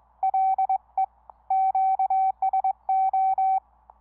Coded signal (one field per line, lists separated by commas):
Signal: Morse code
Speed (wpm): 22 wpm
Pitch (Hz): 770 Hz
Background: none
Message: LE QSO